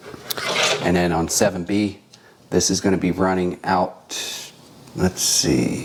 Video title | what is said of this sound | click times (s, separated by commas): NOT NANOLEAF * LED Lighted Wall Panels * MUSIC, SOUND ACTIVATED! 3D PRINTED | is connecting so go ahead and clip that until it snaps shut right there and | 0.3 s